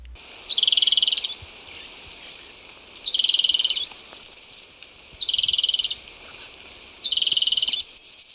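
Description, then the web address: Mountain Wren giving high, thin phrases: a steady trill followed by rapid twittering notes, repeated four times at intervals of a couple of seconds. Recorded in Ecuador. "S America Birds of Ecuador. Mountain Wren"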